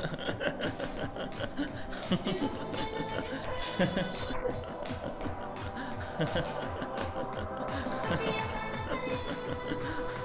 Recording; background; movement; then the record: laughter; music; walking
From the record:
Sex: male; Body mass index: 22.0 kg/m2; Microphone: on the chest, facing the body